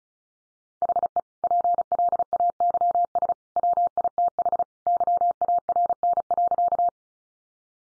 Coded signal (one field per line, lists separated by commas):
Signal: Morse code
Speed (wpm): 34 wpm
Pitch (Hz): 700 Hz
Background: none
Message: HE PLAYS WITH YARN.